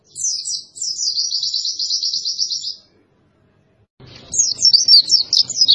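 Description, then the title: White-eye song: a rapid high trilling phrase lasting about three seconds, a silent gap, then another burst of quick high chirps. Lively-singing ('gacor') white-eye song used to train cage birds. "Pleci Gacor. Masteran Burung PLECI"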